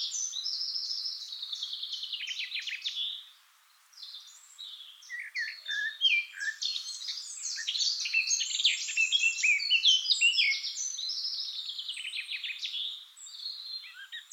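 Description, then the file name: Eurasian blackcap song, a long run of fast, scratchy, high warbled notes with a brief pause before the chattering resumes. "Sylvia atricapilla"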